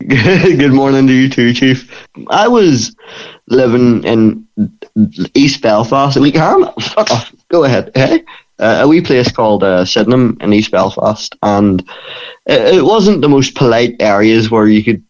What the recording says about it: Living with Tourettes. Tourette's, he actually can't control his language. I'd be vocal and I would say things that I don't mean, curse at people. I don't mean to curse at people. And back then it was a lot worse vocally.